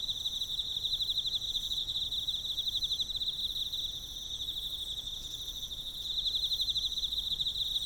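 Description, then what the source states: Emma field cricket chirping, a bright high trill of rapid pulses that swells and dips. Recorded with a ZOOM F6 recorder and Sennheiser MK microphone.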